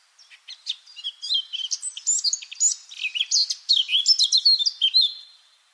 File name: Sylvia atricapilla